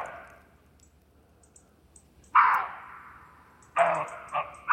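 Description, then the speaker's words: Roe Deer barks: harsh, hoarse barks, one after a long pause, then several more in fairly quick succession, with faint high ticking in the background. Two roe deer answering each other's barks, quarrelling. "sont deux, ils sont deux. Ils se répondent. Ils s'engueulent, simplement."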